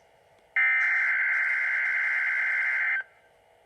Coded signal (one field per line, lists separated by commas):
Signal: Emergency Alert System (SAME) tones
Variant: header bursts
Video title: EAS 2 KIH35 REQUIRED WEEKLY TEST